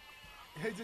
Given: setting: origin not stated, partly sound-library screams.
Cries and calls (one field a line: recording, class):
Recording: one-second piece from a danger detection set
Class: normal situation